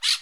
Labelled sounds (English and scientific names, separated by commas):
Brown-throated Parakeet (Eupsittula pertinax) contact call